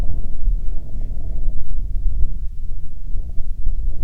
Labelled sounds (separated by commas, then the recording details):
wind
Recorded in the Prudhoe Bay oil fields, Alaska, on 10 July 2019 at 13:46
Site 14